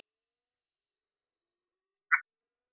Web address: Agalychnis callidryas